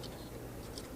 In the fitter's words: snaps into position and then you just lock it down